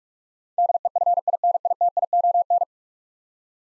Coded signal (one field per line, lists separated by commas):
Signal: Morse code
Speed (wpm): 46 wpm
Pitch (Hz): 700 Hz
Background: none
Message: DEFINITION